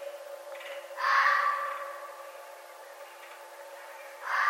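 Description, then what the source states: Red fox uttering a hoarse, grating call, then after a pause of about three seconds starting another, with soft background hum. Recorded 11 November 2011.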